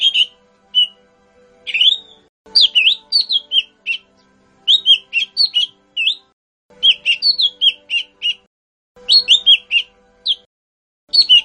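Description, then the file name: Lesser green leafbird song: lively chattering phrases of rising whistles and chirps in repeated bursts, a faint steady hum in the background. "cucak hijau mini. omkicau"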